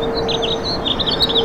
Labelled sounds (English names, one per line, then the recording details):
House Finch song
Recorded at Roslyn Harbor on Long Island, New York, on 22 May 2013
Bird C